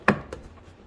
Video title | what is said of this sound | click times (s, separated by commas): Video1: Mazda-Rx7 Solid Install on Door Panels! It was A Tight Fit | Snap right in. | 0.1 s